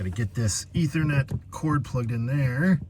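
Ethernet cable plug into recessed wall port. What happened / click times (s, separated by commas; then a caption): Handled, no seating click yet; a man talks throughout / none. Someone talks while handling an Ethernet cable plug, getting it ready to push into a jack recessed in a van wall. Nothing has seated or clicked yet by the end of the clip.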